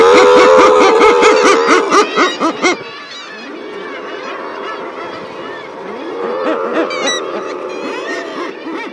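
Common murre calls, loud rapid growling notes repeated about twice a second for a few seconds, then quieter overlapping moans from other birds in the background.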